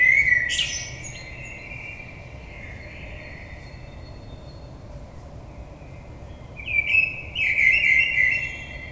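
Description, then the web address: Common blackbird giving a short fluty phrase ending in a high squeak, then a long quiet gap before another warbled, twittering phrase. 22 May 2022. "oiseaux Merle 2022 05 22"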